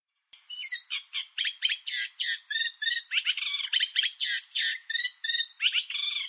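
Bird calls: after a brief silence, a steady series of harsh, buzzy notes, about three a second, continuing to the end.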